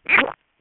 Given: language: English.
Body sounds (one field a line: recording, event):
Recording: throat vibration sensor signal played as sound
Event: swallow